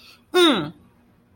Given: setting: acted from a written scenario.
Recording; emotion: vocal sound without words; triumph